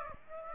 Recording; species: mosquito wingbeat signal from an infrared sensor; Aedes aegypti